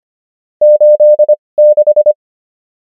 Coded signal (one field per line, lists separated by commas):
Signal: Morse code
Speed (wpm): 25 wpm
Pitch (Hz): 600 Hz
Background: none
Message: 86